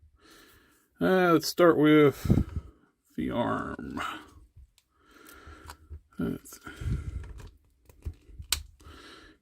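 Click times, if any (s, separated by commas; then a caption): 8.5 s. Someone talks while fitting the arm of a Build-a-Figure action figure onto its torso at the shoulder joint. After some quiet handling, a sharp plastic snap at 8.5 seconds shows the arm seated in place.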